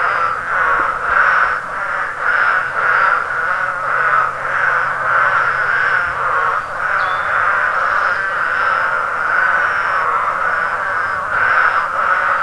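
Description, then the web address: Many spadefoot toads giving harsh, nasal calls that pulse in overlapping bursts, a steady rhythmic chorus throughout. "frogs audio spadefoot"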